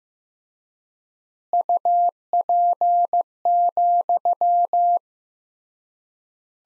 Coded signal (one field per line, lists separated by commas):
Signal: Morse code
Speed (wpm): 16 wpm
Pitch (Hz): 700 Hz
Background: none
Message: UP,